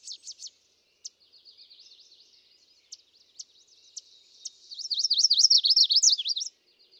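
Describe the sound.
Chestnut-sided warbler: a few sharp high chips and soft twittering, then one loud, rapid series of sweeping, high warbled notes near the end.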